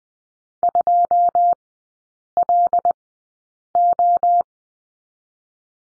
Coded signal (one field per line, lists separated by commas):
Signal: Morse code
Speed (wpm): 21 wpm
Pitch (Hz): 700 Hz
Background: none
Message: 2 L O